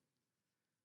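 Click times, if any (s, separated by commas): none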